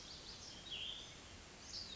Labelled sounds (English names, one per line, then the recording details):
Cassin's Vireo
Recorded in Sonoma County, California